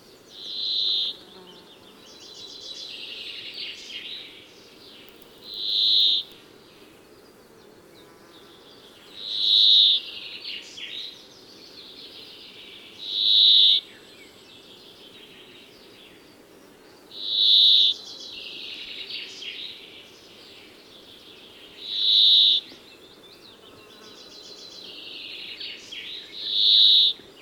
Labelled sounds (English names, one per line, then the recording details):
Brambling
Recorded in the wild
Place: Glowe, Insel Rügen, Mecklenburg-Vorpommern, DE
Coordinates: 54.577, 13.442
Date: 1975-07-06
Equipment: Nagra III BH, Sennheiser MD 21, parabola
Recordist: Schubert, Michael